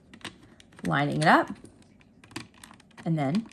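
A plastic label tape cassette is lined up in the tape compartment of a Brother PT1010 handheld label maker, with light plastic taps and handling clicks around it while someone talks. The clip ends before the cassette is pressed down, so nothing has seated or clicked yet.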